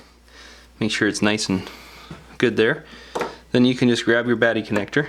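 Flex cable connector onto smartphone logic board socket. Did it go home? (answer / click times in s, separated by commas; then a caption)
no / none. A flex cable's board-to-board connector is being handled over its socket on the logic board of an iPhone 6 during a headphone audio jack replacement, while someone talks. Only a faint sound is heard near 0.3 s, and the clip ends before the connector is pressed on, so nothing has seated or clicked yet.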